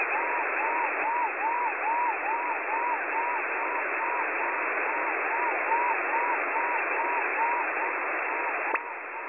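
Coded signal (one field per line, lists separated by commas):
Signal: unidentified radio signal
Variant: siren jammer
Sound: rising-falling warble about twice a second over steady loud hiss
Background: radio static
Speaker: this is a siren Jammer there are a few different ones out there all with different sounds but this one I immediately recognized it never changes and hasn't done for many years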